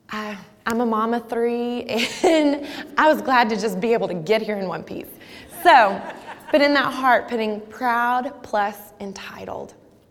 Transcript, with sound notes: I'm a mom of three, and I was just glad to be able to get here in one piece. [Laughter] So put in that heart, "Proud + Entitled."